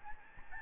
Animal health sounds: mosquito wingbeat signal from an infrared sensor; Aedes albopictus

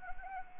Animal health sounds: mosquito wingbeat signal from an infrared sensor; Anopheles arabiensis

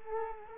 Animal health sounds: mosquito wingbeat signal from an infrared sensor; Culex quinquefasciatus

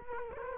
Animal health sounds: mosquito wingbeat signal from an infrared sensor; Culex quinquefasciatus

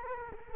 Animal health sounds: mosquito wingbeat signal from an infrared sensor; Culex quinquefasciatus

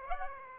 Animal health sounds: mosquito wingbeat signal from an infrared sensor; Aedes aegypti

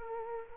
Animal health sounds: mosquito wingbeat signal from an infrared sensor; Culex quinquefasciatus

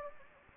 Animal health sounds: mosquito wingbeat signal from an infrared sensor; Anopheles gambiae

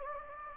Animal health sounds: mosquito wingbeat signal from an infrared sensor; Anopheles gambiae

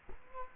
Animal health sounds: mosquito wingbeat signal from an infrared sensor; Culex quinquefasciatus

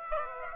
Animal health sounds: mosquito wingbeat signal from an infrared sensor; Aedes aegypti

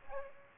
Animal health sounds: mosquito wingbeat signal from an infrared sensor; Aedes aegypti

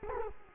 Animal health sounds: mosquito wingbeat signal from an infrared sensor; Culex quinquefasciatus

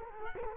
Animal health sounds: mosquito wingbeat signal from an infrared sensor; Culex quinquefasciatus

